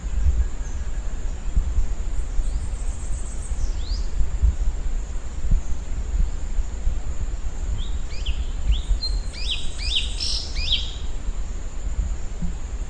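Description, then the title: Bird song, a couple of high sweeping notes early, then after a pause a burst of rapid high chirps near the end, over continuous low rumble and hiss. "LuckyPassaro Completos2Sama"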